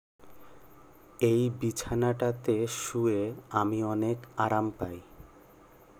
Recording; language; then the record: elicited speech; Bengali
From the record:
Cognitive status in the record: cognitively healthy